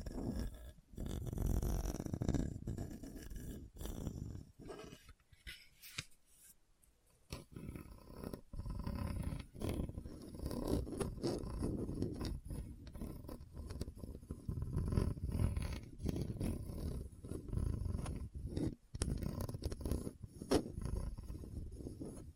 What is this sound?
Hard and Bumpy Surface Scratching